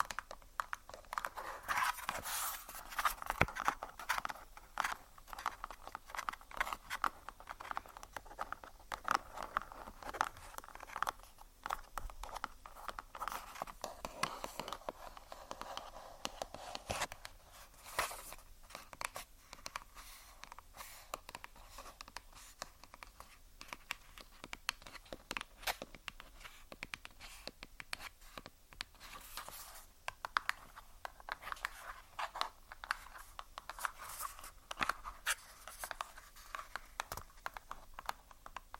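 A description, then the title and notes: Tapping on beauty products: dense, irregular clicks and light scratchy taps, bright and crisp, continuing steadily for the whole stretch with brief louder bursts. ASMR Tapping On Beauty Products.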